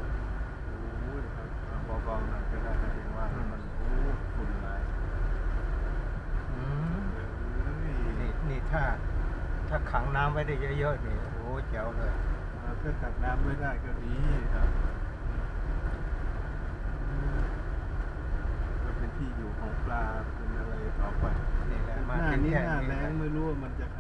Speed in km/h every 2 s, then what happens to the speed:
19, 19, 19, 19, 19, 20, 19, 20, 20, 23, 21, 21.
0-24 steady at about 19.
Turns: none.